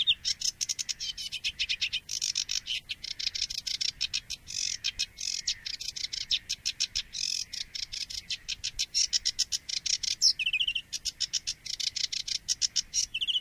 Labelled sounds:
Sedge Warbler song
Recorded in the wild
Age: adult
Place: Moorweiher bei Adelsdorf, Bayern, DE
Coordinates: 49.7394, 11.9222
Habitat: pond
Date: 1961-05-31
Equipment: Stellavox SM 4, Original, Vollspur
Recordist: Tretzel, Erwin
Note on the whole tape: Moorweiher

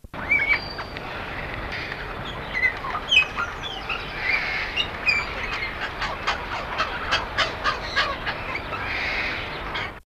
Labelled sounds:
Red-capped Parrot call
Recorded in captivity
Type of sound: call
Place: Zoo Leipzig, Sachsen, DE
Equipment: Halbspur, 9,5 cm/s
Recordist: Lütgens, Hans
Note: Rufe

